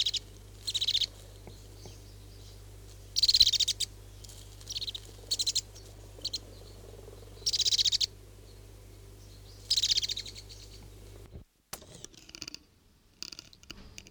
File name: whitehead song